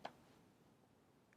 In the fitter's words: Ça se monte et ça se verrouille.